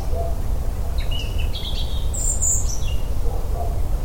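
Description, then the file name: European robin gives a thin high warble of short whistled notes, rising to a very high squeak, with faint lower chirps and constant deep rumble. "Erithacus rubecula"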